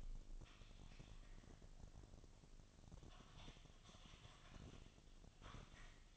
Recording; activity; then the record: daily activity, microphone in the room; typing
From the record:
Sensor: 4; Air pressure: 1000.0 hPa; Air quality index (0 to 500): 230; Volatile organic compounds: 30 ppm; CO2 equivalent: 2967 ppm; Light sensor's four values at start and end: 9/21/8/8 and 9/21/8/8